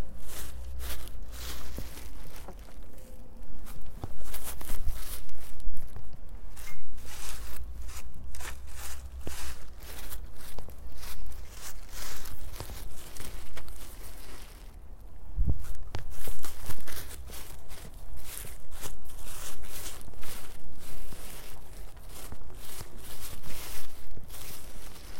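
Dried, cut carrot pieces are stirred and tossed by hand, giving a dense, continuous rustle of light, crisp clicks and scrapes. The mixing comes in uneven bursts, with a brief dip near the middle, over a low steady rumble in the background.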